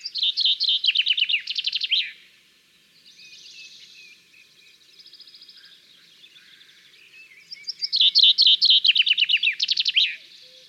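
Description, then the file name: Common chaffinch singing a rattling, downward-tumbling phrase with a terminal flourish, heard twice, while soft high chirps fill the gap. "Fringilla coelebs"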